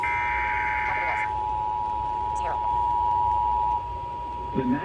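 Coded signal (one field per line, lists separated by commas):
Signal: Emergency Alert System (SAME) tones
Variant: 853 and 960 Hz attention tone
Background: speech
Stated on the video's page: Severe thunderstorm warning SAME tones relayed across a NOAA weather radio transmitter and several broadcast stations.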